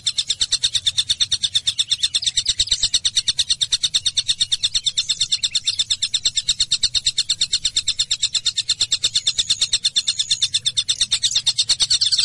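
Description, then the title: Java sparrow song: a long, even run of sharp, high chirps at a steady, quick rhythm, with a low background hum. "kicau gelatik"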